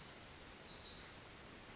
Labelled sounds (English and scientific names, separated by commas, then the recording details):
Pacific Wren (Troglodytes pacificus)
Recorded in Sonoma County, California